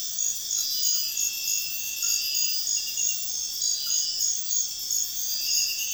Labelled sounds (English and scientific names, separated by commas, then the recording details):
none
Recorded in secondary vegetation near Puerto Asís, Putumayo, Colombia, on 4 March 2025 at 04:00
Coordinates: 0.498, -76.327
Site G001